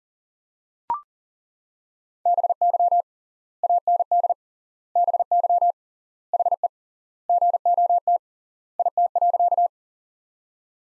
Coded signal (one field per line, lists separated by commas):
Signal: Morse code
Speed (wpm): 40 wpm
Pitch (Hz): 700 Hz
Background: none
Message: BY AND BY HE GOT IT.